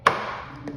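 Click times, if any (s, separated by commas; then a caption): 0.1 s. The plastic air filter housing cover inside the airbox of a Can-Am Outlander 450 DPS ATV is turned counter-clockwise and gives a sharp, bright snap at 0.1 s as it breaks free, followed by a fainter tap around 0.7 s. The cover is released and pulls off.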